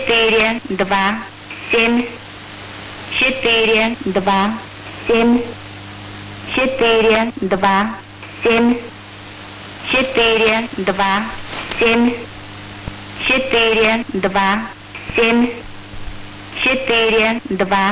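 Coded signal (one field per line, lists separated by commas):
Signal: numbers station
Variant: S06s, Russian female voice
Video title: 20 07 2021 Number station S06s Russian Lady in Russian to Eu 0733 on 7365 unknown tx site in CUSB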